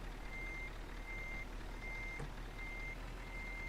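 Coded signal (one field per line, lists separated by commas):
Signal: none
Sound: a truck's reversing beeps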